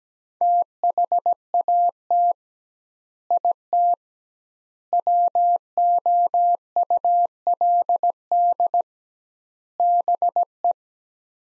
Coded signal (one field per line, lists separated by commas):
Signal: Morse code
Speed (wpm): 17 wpm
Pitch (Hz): 700 Hz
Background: none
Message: THAT IT WOULD BE